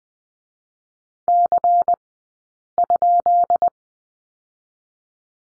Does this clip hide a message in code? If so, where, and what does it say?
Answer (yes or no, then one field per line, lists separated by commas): yes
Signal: Morse code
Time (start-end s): 1.3-3.7 s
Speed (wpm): 20 wpm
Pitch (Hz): 700 Hz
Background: none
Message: C?